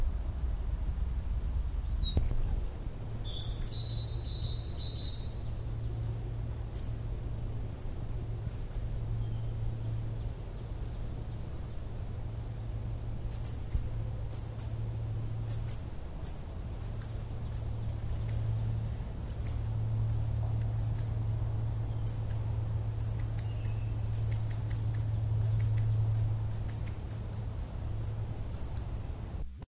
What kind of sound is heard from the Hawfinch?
call